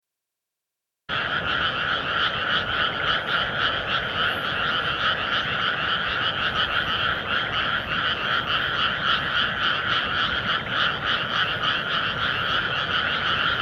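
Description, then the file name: Frogs calling in a dense chorus, many overlapping rapid pulsed croaks forming a steady throbbing trill that runs without pause after a brief silent start. "カエルの合唱"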